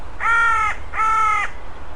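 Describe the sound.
Bird giving two harsh, harmonic caw-like calls, each about half a second long, spaced under a second apart, over a low steady hum.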